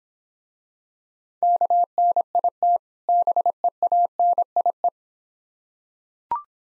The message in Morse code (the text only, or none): KNIT BEANIE